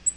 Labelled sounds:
Black-throated Green Warbler (Setophaga virens) flight call

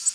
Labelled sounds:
Tennessee Warbler (Leiothlypis peregrina) flight call

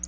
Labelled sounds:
Black-throated Blue Warbler (Setophaga caerulescens) flight call

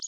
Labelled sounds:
Connecticut Warbler (Oporornis agilis) flight call

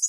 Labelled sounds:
Lucy's Warbler (Leiothlypis luciae) flight call

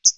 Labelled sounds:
Hooded Warbler (Setophaga citrina) flight call

